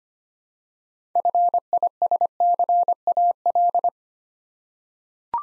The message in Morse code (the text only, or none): FISCAL